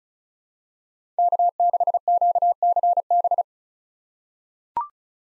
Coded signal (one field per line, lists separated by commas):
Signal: Morse code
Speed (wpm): 36 wpm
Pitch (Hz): 700 Hz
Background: none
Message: K6QCB